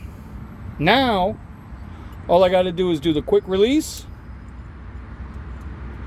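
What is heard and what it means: An action camera (DJI Osmo Action 5 Pro) on a K&F Concept quick-release buckle is unclipped from its mount and moved toward another mount while someone talks over a steady low background hum. Nothing has seated or clicked yet; the camera is still in hand, not snapped onto the other mount.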